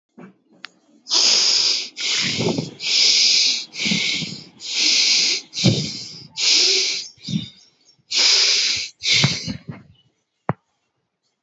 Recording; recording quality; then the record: shallow breathing; excellent, no background noise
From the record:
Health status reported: healthy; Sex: male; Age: 25 years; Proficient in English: yes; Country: India